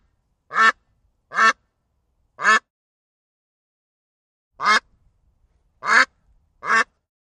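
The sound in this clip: Duck quacking: six loud, harsh, nasal quacks, three spaced about a second apart, a pause of about two seconds, then three more.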